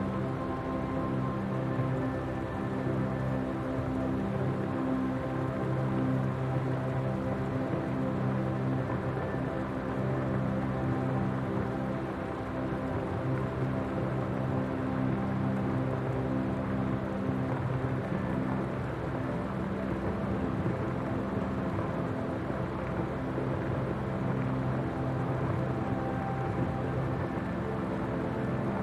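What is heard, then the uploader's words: Steady rain patters under sustained, layered chords that hold low and mid tones evenly throughout, with a soft flute line drifting above. Rainy Night In Fall | Peaceful Music with Rain Sounds. This episode is a fall rainy night with atmospheric chords along with a mysterious flute dancing from side to side. Sound: rain sound, water, nature sound. Music: ambient music, atmospheric chords.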